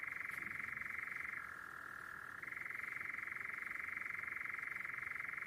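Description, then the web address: European nightjar churring without break, a fast dry trill that drops to a lower, softer phase for about a second before returning to full strength. "canto de noitibo europeu"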